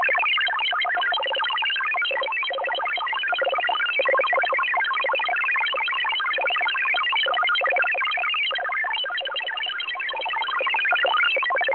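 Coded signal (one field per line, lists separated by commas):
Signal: multi-tone FSK (Olivia or MFSK type)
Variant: XPB 16-tone MFSK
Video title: Russian XPB MFSK number station at 13447 kHz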